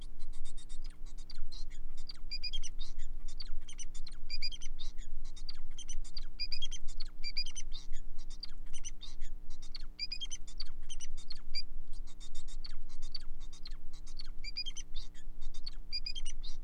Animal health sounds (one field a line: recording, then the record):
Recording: song of a male Bengalese finch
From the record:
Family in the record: son of father 4